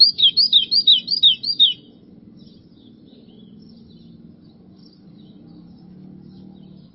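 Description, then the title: White-throated seedeater song: a rapid run of sharp slurred chirps lasting under two seconds, followed by soft low background hum. "Canto Do Golinha"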